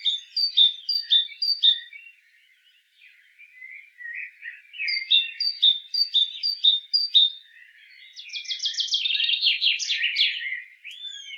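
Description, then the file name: Great tit calls: sharp two-note phrases repeated rapidly in two runs, with softer twittering between, then a harsh buzzy rattle at the end. "Parus major"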